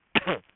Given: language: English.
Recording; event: throat vibration sensor signal played as sound; cough